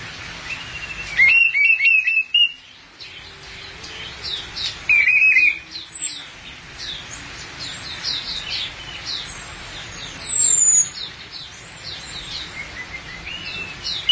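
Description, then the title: Thrush song: a few loud whistled phrases, with high chirps and twittering scattered between. "burung anis x"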